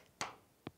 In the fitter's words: and you're listening for the click